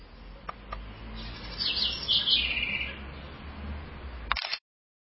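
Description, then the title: Southern house wren song: one quick bubbling phrase of high chattering notes against steady background hiss. "cURRUIRA"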